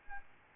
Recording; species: mosquito wingbeat signal from an infrared sensor; Aedes albopictus